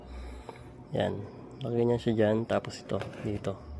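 Someone talks while handling the lid lock on a metal paint can used as a mini pyrolysis reactor, with a faint short tap near 0.5 s. The lid is being fitted to lock in place, but nothing has seated or clicked yet.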